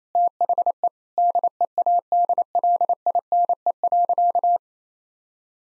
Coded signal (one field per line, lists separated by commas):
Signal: Morse code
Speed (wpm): 28 wpm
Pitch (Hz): 700 Hz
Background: none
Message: THE DEADLINE.